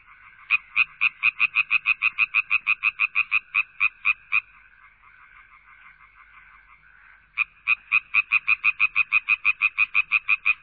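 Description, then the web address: Frog croaking: long series of loud rasping pulses, a quieter trilled stretch, then the pulsed series resumes. "Sound Effects Special FX 2. Frogs"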